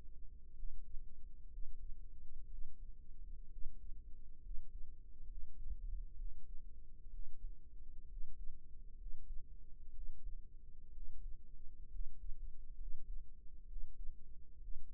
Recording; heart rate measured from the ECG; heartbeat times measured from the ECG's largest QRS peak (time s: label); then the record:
heart sounds by microphone in the right ear; 64 bpm
0.53 s: heartbeat
1.48 s: heartbeat
2.47 s: heartbeat
3.48 s: heartbeat
4.40 s: heartbeat
5.25 s: heartbeat
6.15 s: heartbeat
7.09 s: heartbeat
8.07 s: heartbeat
8.96 s: heartbeat
9.92 s: heartbeat
10.91 s: heartbeat
11.89 s: heartbeat
12.76 s: heartbeat
13.66 s: heartbeat
14.58 s: heartbeat
From the record:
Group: healthy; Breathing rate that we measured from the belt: 15 breaths a minute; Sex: male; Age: 22 years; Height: 181 cm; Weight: 79 kg